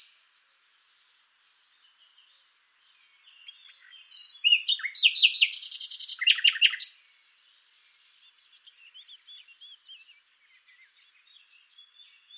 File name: Luscinia megarhynchos